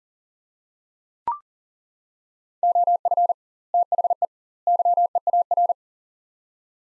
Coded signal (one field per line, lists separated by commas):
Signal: Morse code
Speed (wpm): 40 wpm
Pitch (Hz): 700 Hz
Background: none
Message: OF THE YEAR